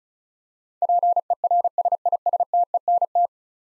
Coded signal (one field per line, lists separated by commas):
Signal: Morse code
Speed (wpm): 36 wpm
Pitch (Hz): 700 Hz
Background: none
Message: PERSISTENT